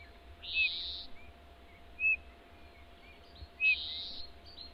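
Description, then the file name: Eurasian bullfinch calls, with brief piping whistles about every one and a half seconds between rasping buzzy bursts over faint background noise. "Pyrrhula pyrrhula"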